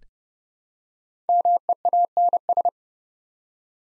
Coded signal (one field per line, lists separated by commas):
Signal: Morse code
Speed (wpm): 30 wpm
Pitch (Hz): 700 Hz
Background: none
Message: MEANS